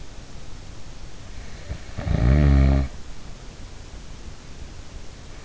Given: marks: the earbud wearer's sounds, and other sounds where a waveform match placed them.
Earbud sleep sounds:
sounds in sleep by an in-ear microphone; snoring breath
1.56-3.01 s: snoring breath

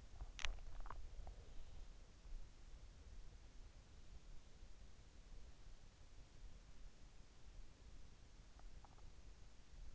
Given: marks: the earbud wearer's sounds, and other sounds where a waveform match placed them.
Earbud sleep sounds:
sounds in sleep by an in-ear microphone; teeth grinding
0.00-1.17 s: teeth grinding

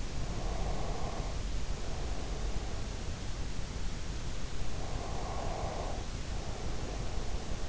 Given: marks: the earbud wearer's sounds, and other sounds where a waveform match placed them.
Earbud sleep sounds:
sounds in sleep by an in-ear microphone; breath
0.05-2.96 s: breath
4.68-7.69 s: breath

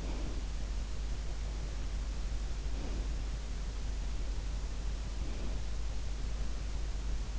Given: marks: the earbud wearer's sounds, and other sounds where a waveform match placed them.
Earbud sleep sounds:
sounds in sleep by an in-ear microphone; breath
0.00-0.45 s: breath
2.77-3.23 s: breath
5.08-5.75 s: breath

